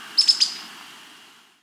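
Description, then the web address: Long-tailed antbird calling with a fast run of three thin, high chips that fade away afterward. Andean bird of South America. "S America Andean Birds Long-Tailed Antbird (Drymophila Caudata)"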